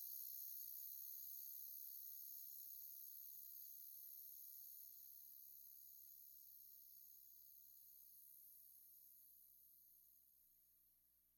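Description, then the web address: Crickets producing a steady, high, continuous shrill that slowly fades throughout. No other clear sounds are heard. "Pre-Uni Library Natures Songs Nature Sounds The Natural Sounds of the Wilderness. Echoes of Nature - Jungle Talk Crickets"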